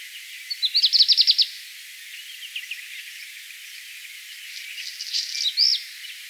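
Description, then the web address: Black redstart song: a rapid rattling burst of high notes, a pause, then a scratchy phrase ending in a whistled flourish. "vogelstimmen hausrotschwanz gesang nabu lars lachmann"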